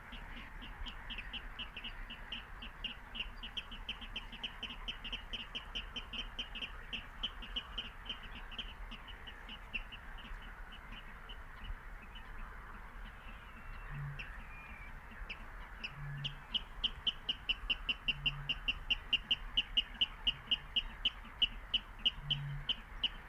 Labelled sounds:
Water Rail (Rallus aquaticus)

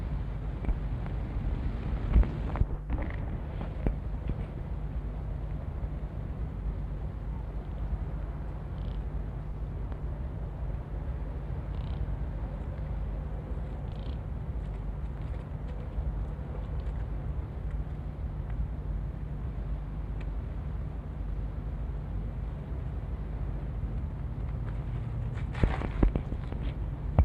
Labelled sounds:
Chamois (Rupicapra rupicapra) call

